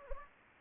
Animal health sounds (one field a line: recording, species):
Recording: mosquito wingbeat signal from an infrared sensor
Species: Anopheles gambiae